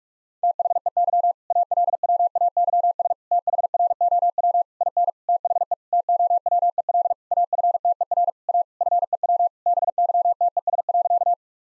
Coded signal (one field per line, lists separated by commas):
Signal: Morse code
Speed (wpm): 46 wpm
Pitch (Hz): 700 Hz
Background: none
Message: THEY ALWAYS THROW IN THE TOWEL AFTER A FEW BYTES.